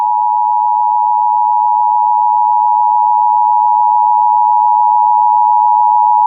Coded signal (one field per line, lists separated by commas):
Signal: Emergency Alert System (SAME) tones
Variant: 853 and 960 Hz attention tone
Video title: EAS Blizzard Warning for Puerto Rico